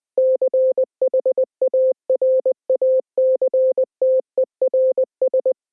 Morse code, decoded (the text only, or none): CHARACTERS